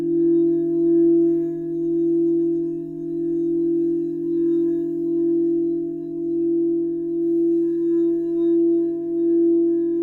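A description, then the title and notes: A crystal singing bowl sustains one pure, steady tone for the whole ten seconds, with a softer lower hum underneath and faint higher overtones. The loudness swells and dips gently about once a second, giving a slow, even wavering beat. Crystal singing bowl clips.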